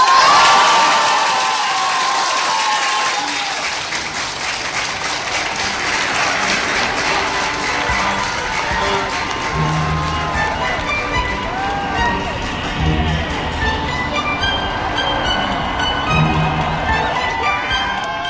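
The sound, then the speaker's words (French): A loud, dense crowd cheers and shouts continuously in the streets of Paris on the night of Sunday 10 May 1981, celebrating François Mitterrand's election as French president, with overlapping voices, whistles and whoops rising and falling over a steady roar of celebration. “La capitale est en liesse.”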